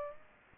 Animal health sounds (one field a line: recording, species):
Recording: mosquito wingbeat signal from an infrared sensor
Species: Aedes aegypti